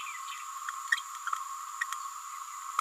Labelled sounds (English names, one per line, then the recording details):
Green-rumped Parrotlet babbling
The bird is a female
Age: 29 days
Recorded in a nest box in Venezuela
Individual 17B31A3